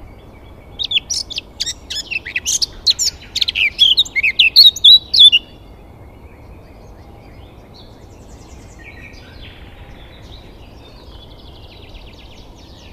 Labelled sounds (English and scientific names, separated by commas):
Eurasian Blackcap (Sylvia atricapilla)